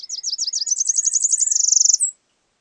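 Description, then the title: Tropical parula singing a very high series of quick down-up notes that accelerate into a tight buzzy trill, finished by one thin rising note; faint lower chips beneath. "LuckyPassaro Completos2Sama. Tropical Parula (Setophaga pitiayumi)"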